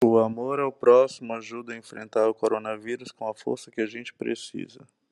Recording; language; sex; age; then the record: spoken sentence; Brazilian Portuguese; male; 20 to 29 years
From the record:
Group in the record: control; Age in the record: 29 years